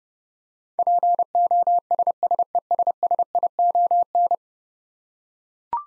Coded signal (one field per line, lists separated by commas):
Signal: Morse code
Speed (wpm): 32 wpm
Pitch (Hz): 700 Hz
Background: none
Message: POSSESSION